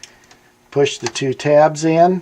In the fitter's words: insert the module into the base plate push it in until you hear a slight snap